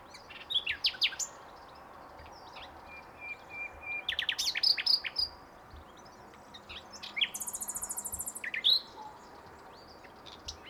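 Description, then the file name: Common nightingale song phrases with sharp high strokes and whistled notes; a steady high buzzing series sounds later on. "Luscinia megarhynchos"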